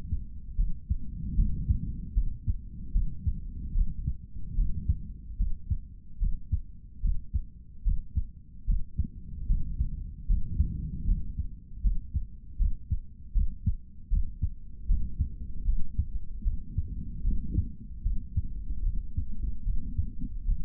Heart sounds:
heart sounds by stethoscope; 75 bpm
0.57 s: heartbeat
1.35 s: heartbeat
2.14 s: heartbeat
2.92 s: heartbeat
3.73 s: heartbeat
4.55 s: heartbeat
5.37 s: heartbeat
6.19 s: heartbeat
7.01 s: heartbeat
7.83 s: heartbeat
8.66 s: heartbeat
9.47 s: heartbeat
10.27 s: heartbeat
11.06 s: heartbeat
11.82 s: heartbeat
12.58 s: heartbeat
13.33 s: heartbeat
14.09 s: heartbeat
14.87 s: heartbeat
15.65 s: heartbeat
16.44 s: heartbeat
17.23 s: heartbeat
18.03 s: heartbeat
18.83 s: heartbeat
19.64 s: heartbeat
20.46 s: heartbeat
From the record:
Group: healthy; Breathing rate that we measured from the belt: 10 breaths a minute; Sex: male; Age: 55 years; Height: 167 cm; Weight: 57.2 kg

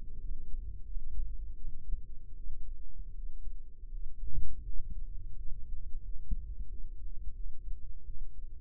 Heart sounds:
heart sounds by microphone in the right ear; 84 bpm
0.20 s: heartbeat
0.86 s: heartbeat
1.56 s: heartbeat
2.35 s: heartbeat
3.14 s: heartbeat
3.90 s: heartbeat
4.64 s: heartbeat
5.36 s: heartbeat
6.03 s: heartbeat
6.68 s: heartbeat
7.34 s: heartbeat
8.05 s: heartbeat
From the record:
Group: healthy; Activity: rest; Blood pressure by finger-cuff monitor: 95/53 mmHg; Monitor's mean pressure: 70 mmHg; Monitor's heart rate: 84 bpm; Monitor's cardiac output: 9 L/min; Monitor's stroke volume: 101 mL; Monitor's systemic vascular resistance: 570 dyn s/cm5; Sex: female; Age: 22 years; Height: 161 cm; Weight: 65.5 kg

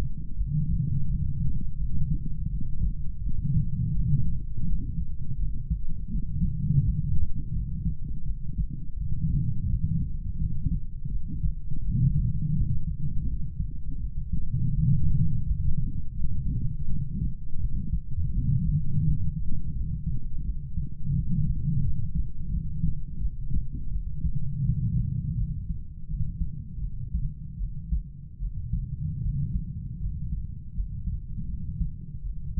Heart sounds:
heart sounds by stethoscope; 83 bpm
0.35 s: heartbeat
1.07 s: heartbeat
1.78 s: heartbeat
2.48 s: heartbeat
3.20 s: heartbeat
3.93 s: heartbeat
4.64 s: heartbeat
5.37 s: heartbeat
6.09 s: heartbeat
6.82 s: heartbeat
7.53 s: heartbeat
8.24 s: heartbeat
8.95 s: heartbeat
9.67 s: heartbeat
10.38 s: heartbeat
11.09 s: heartbeat
11.82 s: heartbeat
12.54 s: heartbeat
13.26 s: heartbeat
13.98 s: heartbeat
14.72 s: heartbeat
15.45 s: heartbeat
16.16 s: heartbeat
16.87 s: heartbeat
17.58 s: heartbeat
18.31 s: heartbeat
19.03 s: heartbeat
19.73 s: heartbeat
20.43 s: heartbeat
21.13 s: heartbeat
21.82 s: heartbeat
22.50 s: heartbeat
23.19 s: heartbeat
23.90 s: heartbeat
24.63 s: heartbeat
25.36 s: heartbeat
26.08 s: heartbeat
26.80 s: heartbeat
27.58 s: heartbeat
28.39 s: heartbeat
29.21 s: heartbeat
30.00 s: heartbeat
30.74 s: heartbeat
31.47 s: heartbeat
32.23 s: heartbeat
From the record:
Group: healthy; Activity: light exercise 0-25 s, rest 25-33 s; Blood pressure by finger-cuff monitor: 103/49 mmHg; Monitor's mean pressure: 62 mmHg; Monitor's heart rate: 84 bpm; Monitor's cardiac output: 7.7 L/min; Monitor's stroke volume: 91 mL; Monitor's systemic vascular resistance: 570 dyn s/cm5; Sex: male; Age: 25 years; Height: 170 cm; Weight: 70.4 kg

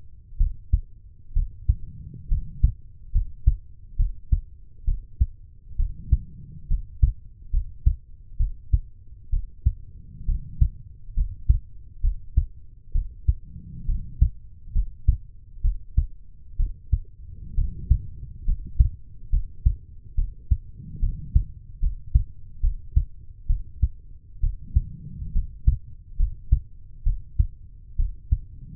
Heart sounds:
heart sounds by stethoscope; 67 bpm
0.37 s: heartbeat
1.33 s: heartbeat
2.29 s: heartbeat
3.12 s: heartbeat
3.97 s: heartbeat
4.85 s: heartbeat
5.77 s: heartbeat
6.68 s: heartbeat
7.51 s: heartbeat
8.37 s: heartbeat
9.30 s: heartbeat
10.26 s: heartbeat
11.14 s: heartbeat
12.01 s: heartbeat
12.92 s: heartbeat
13.86 s: heartbeat
14.73 s: heartbeat
15.62 s: heartbeat
16.57 s: heartbeat
17.55 s: heartbeat
18.45 s: heartbeat
19.30 s: heartbeat
20.15 s: heartbeat
21.00 s: heartbeat
21.80 s: heartbeat
22.61 s: heartbeat
23.47 s: heartbeat
24.40 s: heartbeat
25.33 s: heartbeat
26.17 s: heartbeat
27.04 s: heartbeat
27.96 s: heartbeat
From the record:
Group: healthy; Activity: cold pressor test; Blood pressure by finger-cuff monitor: 101/66 mmHg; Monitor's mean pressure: 78 mmHg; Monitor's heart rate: 68 bpm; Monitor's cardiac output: 5.4 L/min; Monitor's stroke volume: 82 mL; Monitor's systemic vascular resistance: 1040 dyn s/cm5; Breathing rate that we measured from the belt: 16 breaths a minute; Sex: female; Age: 23 years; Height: 160 cm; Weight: 50.4 kg

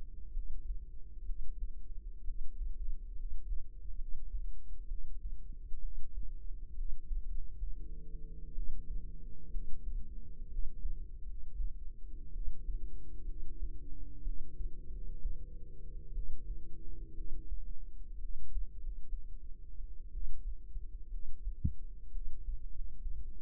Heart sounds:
heart sounds by microphone in the right ear; 64 bpm
0.31 s: heartbeat
1.23 s: heartbeat
2.22 s: heartbeat
3.13 s: heartbeat
3.95 s: heartbeat
4.85 s: heartbeat
5.78 s: heartbeat
6.72 s: heartbeat
7.27 s: heartbeat
8.53 s: heartbeat
9.48 s: heartbeat
10.46 s: heartbeat
11.22 s: heartbeat
12.30 s: heartbeat
13.23 s: heartbeat
14.21 s: heartbeat
14.87 s: heartbeat
16.11 s: heartbeat
17.12 s: heartbeat
18.16 s: heartbeat
18.75 s: heartbeat
20.09 s: heartbeat
21.08 s: heartbeat
22.09 s: heartbeat
22.68 s: heartbeat
From the record:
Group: healthy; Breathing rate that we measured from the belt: 15 breaths a minute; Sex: female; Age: 22 years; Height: 171 cm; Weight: 65.6 kg

